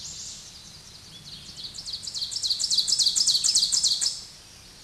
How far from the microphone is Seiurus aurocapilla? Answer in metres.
about 10 m